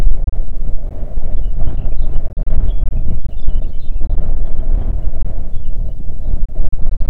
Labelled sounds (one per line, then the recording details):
songbird
wind
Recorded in the Arctic National Wildlife Refuge, Alaska, on 3 June 2019 at 05:28
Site 37